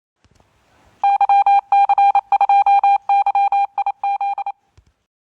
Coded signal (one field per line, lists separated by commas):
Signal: Morse code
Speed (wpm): 27 wpm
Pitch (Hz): 800 Hz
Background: none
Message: YC2YIZ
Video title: Radion RT-17 VHF band